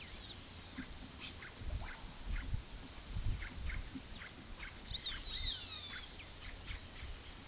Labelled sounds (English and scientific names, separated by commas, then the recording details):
Russet-backed Oropendola (Psarocolius angustifrons), Roadside Hawk (Rupornis magnirostris), Grey Seedeater (Sporophila intermedia)
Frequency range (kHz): Russet-backed Oropendola (Psarocolius angustifrons) 0.9-3.3 kHz; Roadside Hawk (Rupornis magnirostris) 1.3-6.3 kHz
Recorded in pastures near Puerto Asís, Putumayo, Colombia, on 18 February 2024 at 10:30
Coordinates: 0.466, -76.323
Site G6384